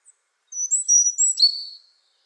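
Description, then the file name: European robin giving a brief phrase of very high, thin drawn-out whistles ending in a quick liquid flourish, lasting just over a second. "Erithacus rubecula"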